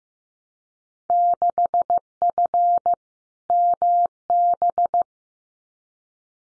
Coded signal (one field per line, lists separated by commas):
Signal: Morse code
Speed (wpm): 15 wpm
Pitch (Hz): 700 Hz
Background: none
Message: 6F MB